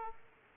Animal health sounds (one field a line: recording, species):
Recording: mosquito wingbeat signal from an infrared sensor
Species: Aedes aegypti